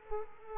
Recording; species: mosquito wingbeat signal from an infrared sensor; Culex quinquefasciatus